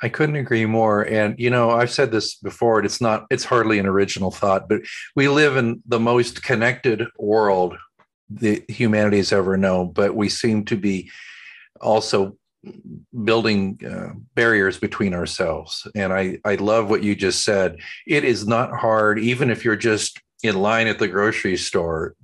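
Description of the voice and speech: A man speaks fluently at a relaxed conversational pace in a low, steady voice with natural rises and falls in pitch. Pauses are brief and fall between phrases. Articulation is clear, with no roughness, hesitation or slurring. Ordinary speech in a quiet room.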